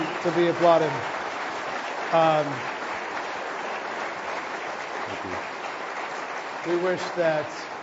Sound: applause